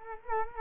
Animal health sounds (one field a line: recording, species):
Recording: mosquito wingbeat signal from an infrared sensor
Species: Culex quinquefasciatus